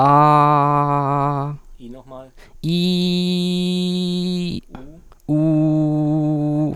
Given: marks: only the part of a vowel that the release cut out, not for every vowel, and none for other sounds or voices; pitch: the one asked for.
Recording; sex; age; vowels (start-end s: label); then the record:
sustained vowels; male; 20 to 29 years
0.00-1.45 s: vowel /a/, normal pitch
2.75-4.45 s: vowel /i/, normal pitch
5.33-6.60 s: vowel /u/, normal pitch
From the record:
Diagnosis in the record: healthy voice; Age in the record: 26 years